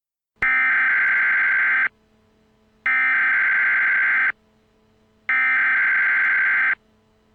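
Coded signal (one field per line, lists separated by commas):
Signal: Emergency Alert System (SAME) tones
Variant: header bursts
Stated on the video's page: Fictional fan-made EAS scenario, a remake of an earlier scenario, not a real alert.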